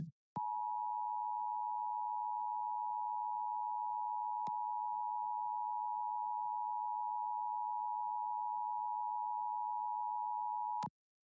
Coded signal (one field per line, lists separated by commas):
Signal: Emergency Alert System (SAME) tones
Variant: 853 and 960 Hz attention tone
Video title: SEASON FINALE | LIVE AM/MW DX: DX Central Live - S. 3, Ep. 28 | Friday, May 5, 2023